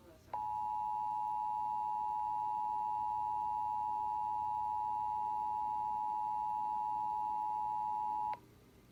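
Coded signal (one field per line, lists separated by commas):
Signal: Emergency Alert System (SAME) tones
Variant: 853 and 960 Hz attention tone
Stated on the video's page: EAS Required Monthly Test tones received from local broadcast and cable (COX) in Fredericksburg.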